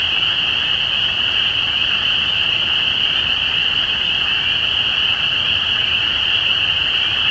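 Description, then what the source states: Dense chorus of spring peepers, overlapping shrill whistled peeps forming a constant high drone. Recorded at Easter 2017.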